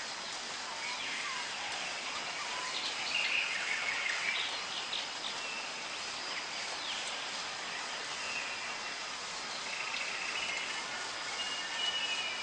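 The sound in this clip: Tropical birds: thin whistled notes and short chirps, a little louder around three to four seconds, over a constant background hiss.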